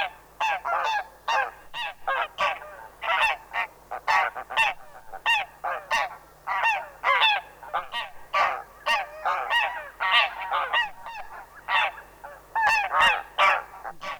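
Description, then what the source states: Greylag Goose: a flock honking, loud nasal honks in rapid, repeated overlapping bursts throughout. Field recording by Sten Wahlström from the 1984 Swedish cassette Fjäll och kustfåglar (mountain and coastal birds), Sveriges Ornitologiska Förening.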